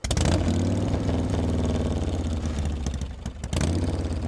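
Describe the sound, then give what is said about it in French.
A motorcycle engine, on a motorcycle being ridden to Galatograd, runs loudly and steadily with a rough, low rumble, easing slightly before surging back up near the end. No one speaks. “De mon côté, j'ai présenté ma convocation chez le maréchal et on m'a confié un motocycle pour rejoindre Galatograd.”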